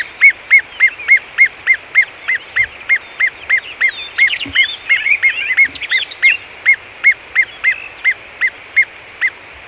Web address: great gerbil